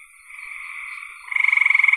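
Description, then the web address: Frog trill: a steady, buzzy chorus hums at first, then one loud, rapidly pulsed rattling call breaks in and continues to the end. "cn frogs"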